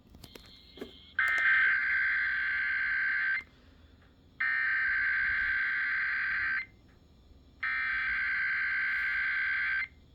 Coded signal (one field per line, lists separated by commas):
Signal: Emergency Alert System (SAME) tones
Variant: header bursts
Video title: Eas rwt Eas#487- 488)